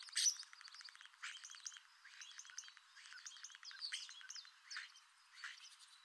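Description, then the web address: Common starling song built from rapid rattling click bursts and buzzy squeaky phrases in short repeated bouts, opening with a loud harsh note. "Deverinetal 2025. Bird Only"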